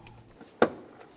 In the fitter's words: We'll slide it into place, make sure we hear a click,